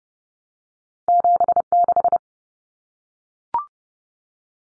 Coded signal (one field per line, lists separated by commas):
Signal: Morse code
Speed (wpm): 30 wpm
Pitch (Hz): 700 Hz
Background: none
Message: 76